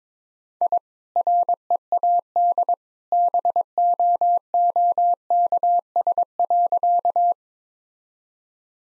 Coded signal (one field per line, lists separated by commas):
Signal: Morse code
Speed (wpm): 22 wpm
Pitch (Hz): 700 Hz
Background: none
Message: I READ BOOKS.